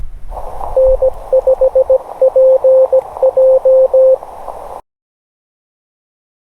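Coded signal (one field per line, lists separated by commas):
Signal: Morse code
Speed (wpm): 17 wpm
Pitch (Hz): 520 Hz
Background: none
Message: N5PJ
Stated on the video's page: Morse callsign copy practice, each callsign sent three times.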